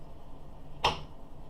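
With the slot locks pulled back, a memory module is pushed into a motherboard DIMM slot and latches with a single sharp, bright click at 0.9 s over a quiet, steady background. The module is seated.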